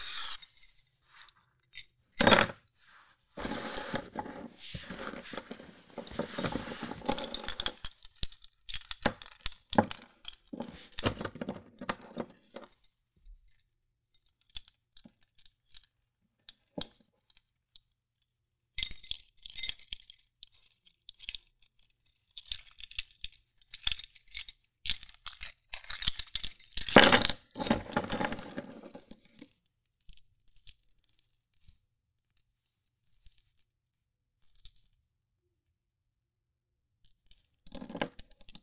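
Keys are jangled and shaken in bursts, with bright metallic clinks and chimes. Dense jingling fills the first half, thins out near 15 seconds, stops briefly around 18, then resumes with sharp clinks near 2 and 27 seconds before fading.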